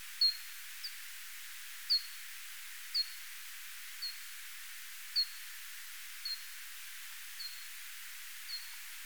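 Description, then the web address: Japanese pipistrelle echolocation: a series of short, sharp downward-sweeping pulses over a steady background hiss. "Pipistrellus abramus"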